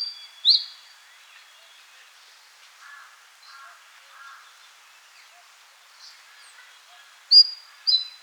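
Rufous-gorgetted flycatcher singing high, thin whistled notes at the start and a close pair near the end, with quieter low chirps between.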